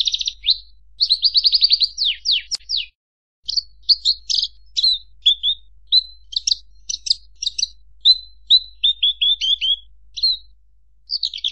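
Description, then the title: Javan bush lark song: rapid falling trill at the start, then a steady stream of varied chirps and short downslurred whistles. "Suara Burung Branjangan"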